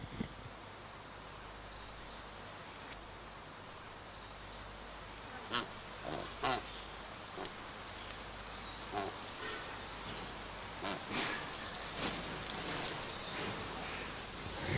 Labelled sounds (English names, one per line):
Coscoroba Swan call